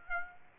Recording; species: mosquito wingbeat signal from an infrared sensor; Aedes aegypti